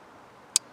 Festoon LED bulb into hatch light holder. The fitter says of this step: and snaps right into place. So there.